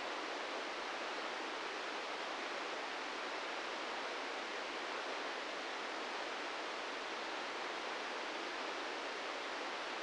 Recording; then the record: brain microelectrode recording played as sound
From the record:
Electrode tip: inside the subthalamic nucleus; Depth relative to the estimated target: -1 mm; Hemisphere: left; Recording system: NeuroSet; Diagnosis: Parkinson's disease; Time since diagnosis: 13 years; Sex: male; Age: 66 years